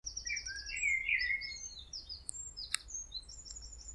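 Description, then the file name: Common blackbird delivers a full, fluty warble that trails into high, scratchy twittering, with a sharp click midway and a low rumble underneath. "Turdus merula"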